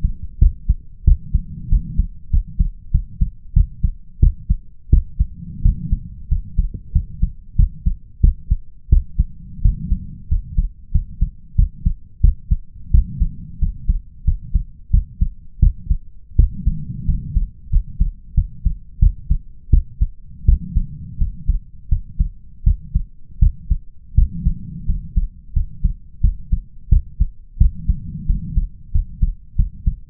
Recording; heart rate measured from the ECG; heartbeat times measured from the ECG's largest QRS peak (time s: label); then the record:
heart sounds by stethoscope; 88 bpm
0.38 s: heartbeat
1.04 s: heartbeat
1.68 s: heartbeat
2.30 s: heartbeat
2.91 s: heartbeat
3.53 s: heartbeat
4.19 s: heartbeat
4.90 s: heartbeat
5.62 s: heartbeat
6.28 s: heartbeat
6.92 s: heartbeat
7.56 s: heartbeat
8.20 s: heartbeat
8.89 s: heartbeat
9.61 s: heartbeat
10.28 s: heartbeat
10.91 s: heartbeat
11.55 s: heartbeat
12.20 s: heartbeat
12.91 s: heartbeat
13.58 s: heartbeat
14.24 s: heartbeat
14.90 s: heartbeat
15.59 s: heartbeat
16.36 s: heartbeat
17.05 s: heartbeat
17.69 s: heartbeat
18.34 s: heartbeat
18.99 s: heartbeat
19.70 s: heartbeat
20.45 s: heartbeat
21.18 s: heartbeat
21.89 s: heartbeat
22.63 s: heartbeat
23.39 s: heartbeat
24.14 s: heartbeat
24.85 s: heartbeat
25.53 s: heartbeat
26.21 s: heartbeat
26.89 s: heartbeat
27.57 s: heartbeat
28.26 s: heartbeat
28.91 s: heartbeat
29.55 s: heartbeat
From the record:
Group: healthy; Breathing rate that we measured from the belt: 16 breaths a minute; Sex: male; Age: 21 years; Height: 180 cm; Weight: 67.5 kg